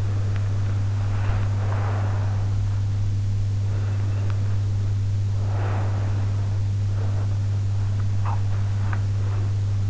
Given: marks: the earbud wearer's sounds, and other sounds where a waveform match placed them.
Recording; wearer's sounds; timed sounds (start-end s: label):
sounds in sleep by an in-ear microphone; body movement
0.00-2.39 s: body movement
3.72-9.56 s: body movement